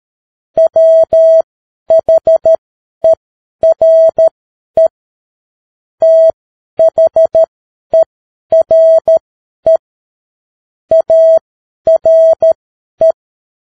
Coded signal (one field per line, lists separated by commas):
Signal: Morse code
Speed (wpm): 13 wpm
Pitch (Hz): 650 Hz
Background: none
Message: WHERE THERE ARE